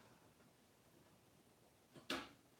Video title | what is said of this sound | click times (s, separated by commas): Let’s build an AMD Ryzen 7 1800X Budget PC from scratch! (Part 2 of Ryzen 7 BUILD) | snap in place, good to go. | 2.1 s